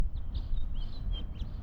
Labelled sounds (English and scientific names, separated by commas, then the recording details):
House Finch (Haemorhous mexicanus) song
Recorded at Oceanside on Long Island, New York, on 17 June 1975
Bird A